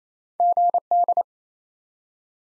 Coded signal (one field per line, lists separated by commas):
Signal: Morse code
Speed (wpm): 28 wpm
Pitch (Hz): 700 Hz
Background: none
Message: GD